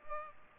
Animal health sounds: mosquito wingbeat signal from an infrared sensor; Culex pipiens

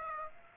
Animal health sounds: mosquito wingbeat signal from an infrared sensor; Aedes aegypti

